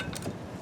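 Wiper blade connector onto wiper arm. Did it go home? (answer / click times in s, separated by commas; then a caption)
no / none. A plastic wiper blade connector is slid onto the hook of a metal wiper arm, with a brief sharp sound at about 0.2 s over steady wind-like noise. The connector does not latch; it won't stay or lock in place, and nothing has clicked, so it is later secured with a zip tie instead.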